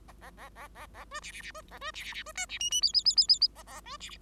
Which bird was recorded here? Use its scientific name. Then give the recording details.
Lonchura striata domestica. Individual Bird5